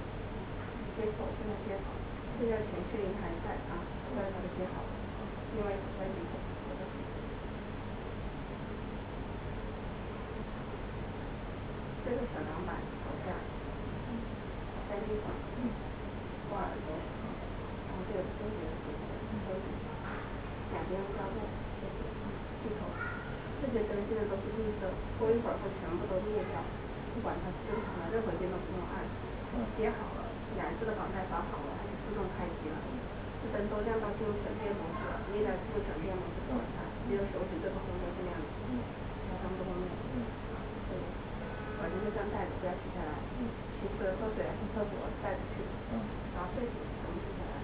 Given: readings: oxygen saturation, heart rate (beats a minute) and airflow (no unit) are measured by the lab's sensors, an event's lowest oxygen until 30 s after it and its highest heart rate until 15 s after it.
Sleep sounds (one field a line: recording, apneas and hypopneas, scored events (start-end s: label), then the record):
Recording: a person awake in a sleep study, by a voice recorder at the bedside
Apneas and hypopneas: none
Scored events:
0.00-47.64 s: awake
0.00-47.64 s: awake
From the record:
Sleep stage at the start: awake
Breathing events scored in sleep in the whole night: 210 in 6.9 hours asleep